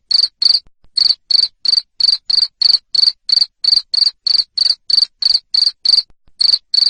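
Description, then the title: Cricket calls, high and ringing, short pulses repeated steadily at about three per second with a couple of small gaps. Loud cricket chirping played to stimulate lovebirds into singing continuously. "Suara JANGKRIK NGERIK Keras Bikin LOVEBIRD Jadi NGEKEK Terus Vubey"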